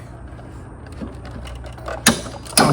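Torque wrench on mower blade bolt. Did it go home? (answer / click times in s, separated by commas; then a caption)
yes / 2.1 s, 2.6 s. A torque wrench tightens the upper blade bolt on a Honda lawn mower to 40 ft-lb, with soft ratcheting ticks as it turns. It gives two sharp clicks at 2.1 s and 2.6 s, confirming the set torque has been reached.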